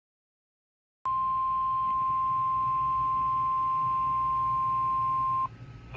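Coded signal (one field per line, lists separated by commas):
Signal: Emergency Alert System (SAME) tones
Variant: 1050 Hz attention tone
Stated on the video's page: Two weather EAS alerts received on a BaoFeng UV-5R Plus used as a receiver, in the DC-Metro area.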